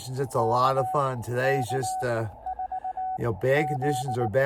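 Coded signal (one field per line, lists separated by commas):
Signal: Morse code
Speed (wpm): 19 wpm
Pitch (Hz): 750 Hz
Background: speech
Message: KK4Z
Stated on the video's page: Morse code from a state park activation.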